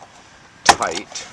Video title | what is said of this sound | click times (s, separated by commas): Jeep Commander Front Speaker Removal = Car Stereo HELP | pry the door panels from the door and you can hear the click the clips relief | 0.7 s